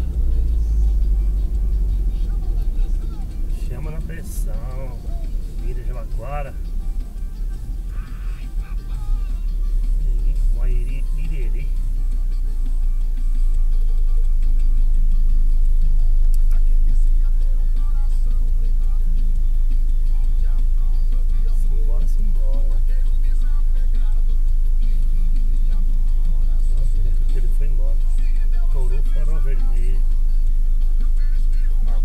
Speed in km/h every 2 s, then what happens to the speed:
37, 33, 27, 21, 16, 9, 3, 1, 0, 0, 0, 0, 0, 0, 0, 0.
0-13 slows to 1. 13-32 standing.